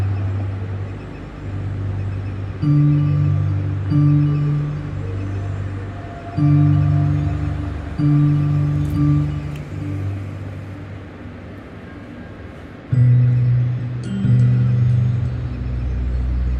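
A steel sound sculpture hums deep, sustained tones that shift in stepped chords every second or two, over a steady wash of outdoor traffic.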